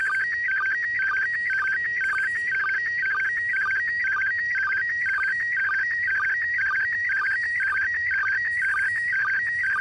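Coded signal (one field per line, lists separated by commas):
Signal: SSTV (slow-scan television)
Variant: PD120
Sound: steady warbling, chirping tone with short regular low sync blips twice a second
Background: radio static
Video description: Decoding SSTV from the International Space Station on 145.800 MHz PD120 mode.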